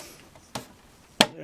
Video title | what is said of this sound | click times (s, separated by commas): Playmobil - City Life - set # 5574 (2013) - Modern Luxury Mansion - review | push down until we hear the snaps everything | 0.5 s, 1.2 s